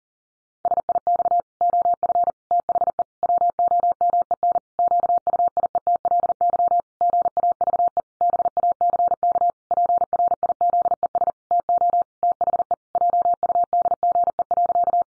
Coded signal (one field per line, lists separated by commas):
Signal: Morse code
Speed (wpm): 40 wpm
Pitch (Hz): 700 Hz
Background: none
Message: SIX OF THE WOMEN QUIETLY GAVE BACK PRIZES TO THE JUDGE.